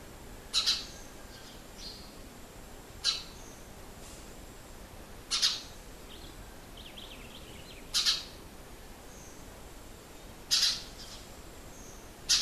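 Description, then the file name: House sparrow giving a series of sharp chirps spaced about two to three seconds apart. "Passer domesticus"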